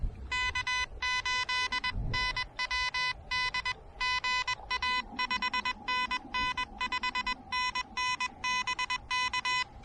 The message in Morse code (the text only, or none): K8NWD GA 5NN 5NN BK